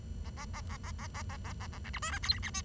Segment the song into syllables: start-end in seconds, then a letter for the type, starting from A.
0.25-0.30 A, 0.37-0.45 A, 0.54-0.61 A, 0.69-0.77 A, 0.83-0.91 A, 0.98-1.07 A, 1.14-1.22 A, 1.29-1.37 A, 1.44-1.53 A, 1.60-1.67 A, 1.73-1.78 A, 1.84-1.90 B, 1.93-1.99 C, 2.02-2.11 D, 2.12-2.18 E, 2.23-2.39 F, 2.43-2.50 G, 2.54-2.61 H